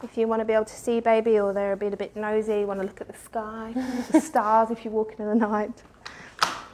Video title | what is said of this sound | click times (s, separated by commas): Facebook Live: UPPAbaby Focus | and pulls back and locks into place | 6.4 s